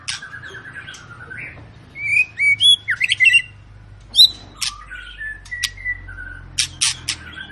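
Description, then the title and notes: White-rumped shama: songbird delivering bright whistles, clicks and short trills over a constant low hum. Long lure song played to make other birds sing. "Pancingan Murai Batu Gacor Panjang. muraiku"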